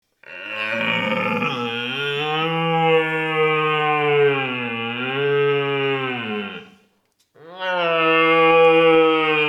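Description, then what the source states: Red deer stag roars in a long, deep, groaning bellow lasting over six seconds with wavering pitch, then after a brief silence starts another sustained roar. Medium-sized stag.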